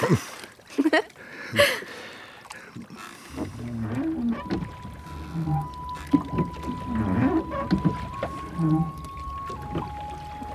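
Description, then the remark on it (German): A rowboat moves through water at night: a few sharp splashes of oars at first, then low creaking and groaning of wood with gentle lapping, and a thin steady whine running underneath. “Steigen Sie ein. Ich will mir den Wald dort einmal ansehen.”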